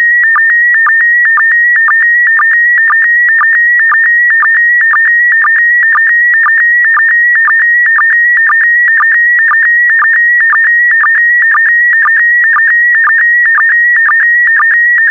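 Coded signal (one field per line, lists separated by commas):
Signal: SSTV (slow-scan television)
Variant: PD120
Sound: continuous warbling tone around 1.9 kHz with rhythmic low blips about twice a second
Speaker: complete. You can now check your decoded image against the picture that is shown on the video.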